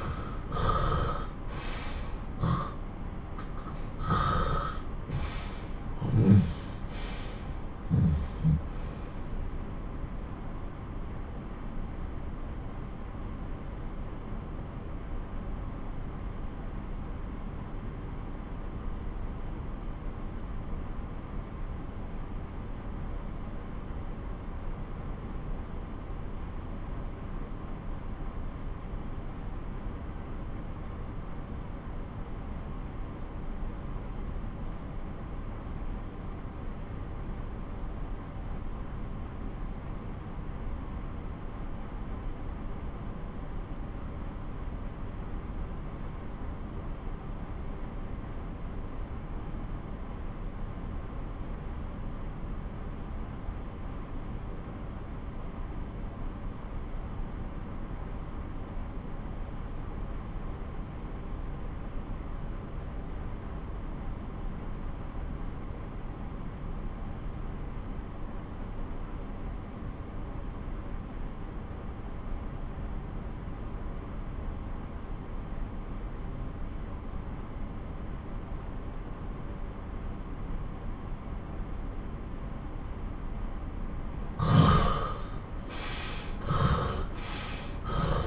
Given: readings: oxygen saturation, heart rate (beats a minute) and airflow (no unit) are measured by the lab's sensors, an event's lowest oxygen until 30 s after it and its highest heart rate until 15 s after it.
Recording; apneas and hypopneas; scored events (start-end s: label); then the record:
breathing in sleep by a smartphone at the bedside; 1
9.00-82.70 s: obstructive apnea (REM, oxygen 93% highest, then 69% lowest)
From the record:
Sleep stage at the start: REM sleep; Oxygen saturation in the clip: 65 to 93%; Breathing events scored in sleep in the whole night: 217 in 6.3 hours asleep